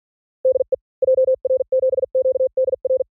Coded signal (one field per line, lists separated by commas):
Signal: Morse code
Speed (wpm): 48 wpm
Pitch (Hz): 520 Hz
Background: none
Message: DE JR7QDR